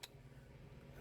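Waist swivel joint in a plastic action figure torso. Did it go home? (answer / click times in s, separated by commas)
yes / 0.0 s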